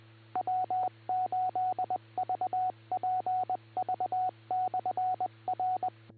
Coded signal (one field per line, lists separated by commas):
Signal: Morse code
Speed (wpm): 20 wpm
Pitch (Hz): 740 Hz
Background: radio noise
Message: W8VPV/R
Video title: Cuyahoga Falls Amateur Radio Club - W8VPV - 2m/440 net 147.27+, 444.85+ 110.9 pl 8:00 PM, 11-18-24